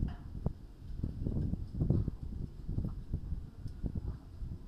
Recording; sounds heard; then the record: poultry house recording; no chicken sound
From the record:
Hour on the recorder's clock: 22